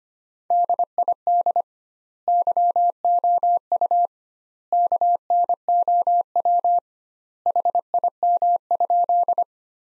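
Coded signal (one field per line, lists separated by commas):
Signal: Morse code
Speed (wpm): 25 wpm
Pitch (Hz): 700 Hz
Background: none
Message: DID YOU KNOW HIM?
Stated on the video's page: Morse practice sentences from the top 100 words at 25 wpm with 2x standard word spacing, a Farnsworth-like method applied to words.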